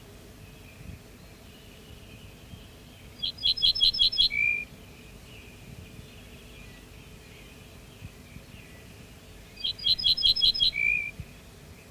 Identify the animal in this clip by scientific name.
Emberiza hortulana